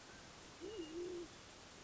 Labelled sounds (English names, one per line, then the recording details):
Band-tailed Pigeon
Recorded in Sonoma County, California